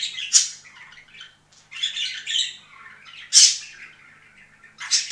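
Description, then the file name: Budgerigar chattering song: sharp squawks separated by stretches of softer, scratchy warbling and a short pause. Singing of budgerigars, more than one bird. "penie volnistyx popugaev"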